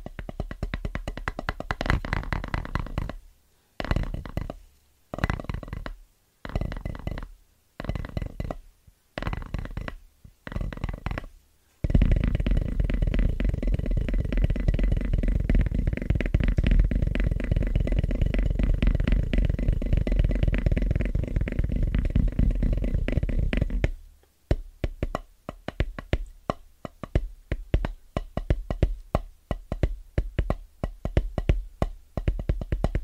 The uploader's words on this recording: Fast & Rhythmic Tapping On Drum Pads (No Talking).